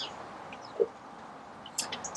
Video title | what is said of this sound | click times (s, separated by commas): Replacing the Spark Plugs on a Classic Fiat 500 - 126 - FD Ricambi | And that pushes in. And you want positive click when you push it down. There we go. Nice positive click. | 1.8 s